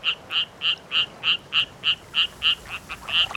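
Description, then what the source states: Striped rocket frog chirping: short, bright, evenly spaced chirps, about three per second, in a steady run that becomes less even at the end. Happy chirp.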